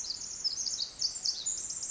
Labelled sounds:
Pacific Wren (Troglodytes pacificus)
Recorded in Sonoma County, California

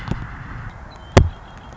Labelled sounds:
Red-winged Blackbird (Agelaius phoeniceus)
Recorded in Sonoma County, California

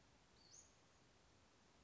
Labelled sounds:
Western Flycatcher (Empidonax difficilis)
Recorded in Sonoma County, California

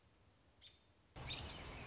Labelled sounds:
American Robin (Turdus migratorius)
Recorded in Sonoma County, California

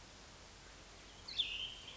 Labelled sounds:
Cassin's Vireo (Vireo cassinii)
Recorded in Sonoma County, California

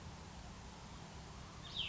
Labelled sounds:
Cassin's Vireo (Vireo cassinii)
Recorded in Sonoma County, California

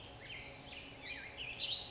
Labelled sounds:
California Towhee (Melozone crissalis)
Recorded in Sonoma County, California

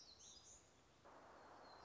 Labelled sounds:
Black-throated Gray Warbler (Setophaga nigrescens)
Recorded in Sonoma County, California

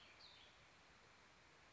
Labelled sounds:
Cassin's Vireo (Vireo cassinii)
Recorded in Sonoma County, California

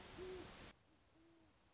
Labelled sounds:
Great Horned Owl (Bubo virginianus)
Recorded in Sonoma County, California

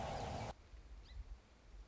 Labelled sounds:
Song Sparrow (Melospiza melodia)
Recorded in Sonoma County, California

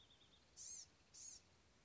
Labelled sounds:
Blue-gray Gnatcatcher (Polioptila caerulea)
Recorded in Sonoma County, California

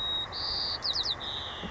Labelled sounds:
White-crowned Sparrow (Zonotrichia leucophrys)
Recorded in Sonoma County, California

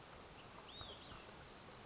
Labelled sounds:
Olive-sided Flycatcher (Contopus cooperi)
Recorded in Sonoma County, California

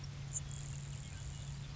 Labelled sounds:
Grasshopper Sparrow (Ammodramus savannarum)
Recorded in Sonoma County, California

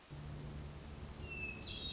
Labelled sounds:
Hermit Thrush (Catharus guttatus)
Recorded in Sonoma County, California

